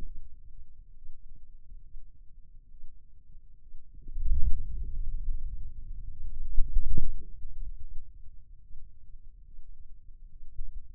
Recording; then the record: forearm muscle sounds (acoustic myography)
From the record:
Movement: wrist flexion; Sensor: system 2, bracelet of six BSWA MPA416 microphones around the upper forearm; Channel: 5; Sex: male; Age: 22 years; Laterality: right